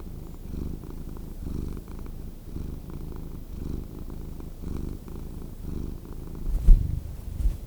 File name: Cat Purring Sound